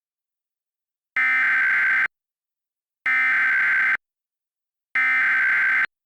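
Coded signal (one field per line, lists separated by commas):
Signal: Emergency Alert System (SAME) tones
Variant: header bursts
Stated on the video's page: Mock Amber Alert for Pennsylvania with valid SAME headers, fictional.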